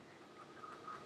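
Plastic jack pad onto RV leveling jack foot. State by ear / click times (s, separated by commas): not seated / none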